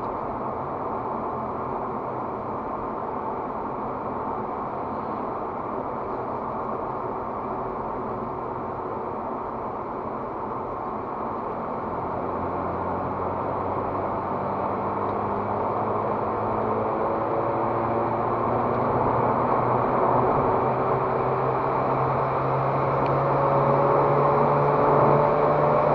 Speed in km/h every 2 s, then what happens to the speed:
76, 69, 72, 68, 65, 67, 73, 81, 89, 101, 104, 109, 116.
0-11 slows to 67. 11-26 speeds up to 116.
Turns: none.